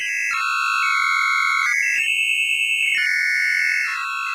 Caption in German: Ein bestimmter Typ des Differenztons, den man hört, wenn zwei hohe Frequenzen aufeinandertreffen. Dieses Phänomen nennt man otoakustische Emissionen.